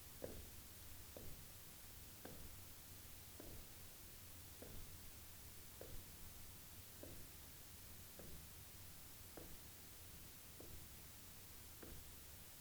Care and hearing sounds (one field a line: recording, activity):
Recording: daily activity, guitar pickup as the sensor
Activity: jump